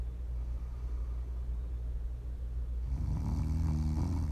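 A low, steady rumble gives way to a single loud, low-pitched buzzing snore lasting about a second and a half, then fades. This is ordinary snoring from a sleeping adult, offered as ASMR for sleeping, relaxing or winding down.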